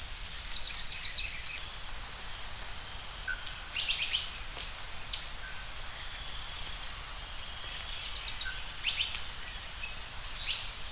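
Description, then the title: Bird song, short high trilled bursts and sharp chips repeated every few seconds, over steady background hiss and low rumble. "LuckyPassaro Completos2Sama"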